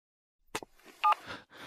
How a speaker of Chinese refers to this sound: 雷猛无意与沈浩再多说，抬手便把电话给挂断了。